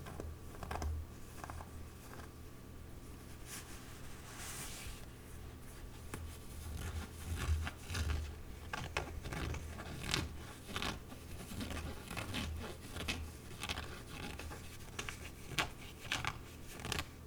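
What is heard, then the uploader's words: A glove scratches and rubs in a steady run of short, scraping strokes, fairly dense and irregular, with sharper bright scratches clustering from about ten seconds on. A low rumbling hum sits underneath throughout. Glove Scratching.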